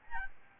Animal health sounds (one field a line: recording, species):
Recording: mosquito wingbeat signal from an infrared sensor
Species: Aedes albopictus